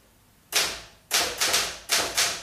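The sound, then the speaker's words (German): Five sharp, bright clacks of a Remington typewriter's keys, typed as a type sample, struck in an uneven rhythm with short pauses between, each hit snapping loudly and ringing off quickly; no one speaks. “Ja, eine Remington. Was machen Sie denn da? Bisschen tippen.”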